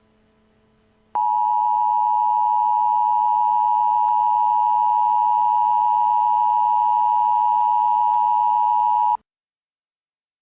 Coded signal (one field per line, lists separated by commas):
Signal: Emergency Alert System (SAME) tones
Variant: 853 and 960 Hz attention tone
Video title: Winter Storm Warning: Houston, TX (1/23/14)